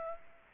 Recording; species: mosquito wingbeat signal from an infrared sensor; Aedes aegypti